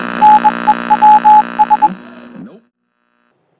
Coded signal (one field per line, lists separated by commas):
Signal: Morse code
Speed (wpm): 21 wpm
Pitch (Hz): 850 Hz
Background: none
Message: NEWS